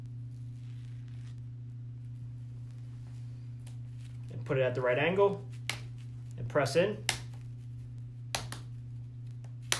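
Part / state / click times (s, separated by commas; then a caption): plastic butterfly lock into chicken cage panels / seated / 5.7 s. Someone talks while a plastic butterfly lock, with its arrows facing each other, is set at the right angle and pressed into the panels of a chicken cage, over a steady low hum. One sharp snap at 5.7 s shows the lock has seated. Further sharp ticks follow at 8.3 s and 9.7 s.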